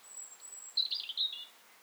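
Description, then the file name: European robin song: one short, high, thin warbled phrase of jumbled notes lasting under a second, with a faint steady high whistle before it and quiet background. "Erithacus rubecula"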